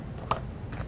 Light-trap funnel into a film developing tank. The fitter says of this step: it into my tank and one spin my funnel till it locks in place